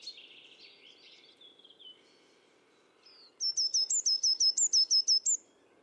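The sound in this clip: Bird gives soft descending trills at first, then after a pause a rapid string of about ten high, clipped notes with small upward inflections.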